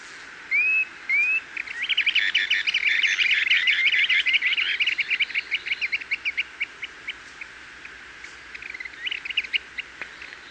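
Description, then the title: Planalto tyrannulet with two arched whistled notes, then a long, fast series of short chattering chirps that slowly thins out and ends with a few scattered notes. Subspecies brevirostris. "LuckyPassaro Completos2Sama. Planalto Tyrannulet (Phyllomyias fasciatus brevirostris)"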